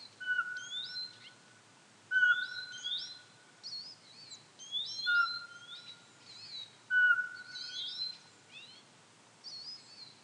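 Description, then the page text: Eurasian pygmy owl whistling flat, even notes at irregular gaps of one to three seconds, with busy chattering songbirds in the background. "Jelmer Poelstra - Воробьиный сычик (Glaucidium passerinum)"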